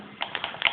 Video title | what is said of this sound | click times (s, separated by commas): Glock field knife M78 knife review | so it locks up like that. | 0.7 s